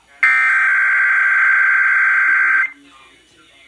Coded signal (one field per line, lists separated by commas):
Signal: Emergency Alert System (SAME) tones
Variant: header bursts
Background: speech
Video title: DC Monthly June 2021: Two stations at one time, a TN mock, and some HD subchannels(EAS 1,228-1,256)